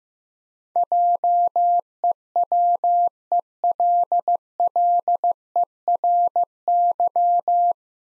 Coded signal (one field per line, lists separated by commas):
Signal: Morse code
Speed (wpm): 15 wpm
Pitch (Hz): 700 Hz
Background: none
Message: JEWELLERY